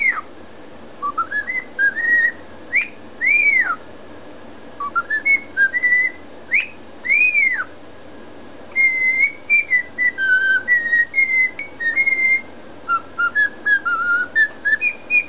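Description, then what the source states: Cockatiel whistles in a tune, with arched up-and-down swoops, rising slurs and level held notes separated by quiet pauses. Whistling (siulan).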